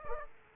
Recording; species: mosquito wingbeat signal from an infrared sensor; Aedes aegypti